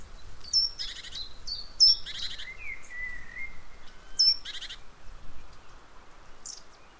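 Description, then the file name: Great tit giving high thin notes and buzzy churring bursts, while a lower steady whistle drifts through the middle. "Parus major"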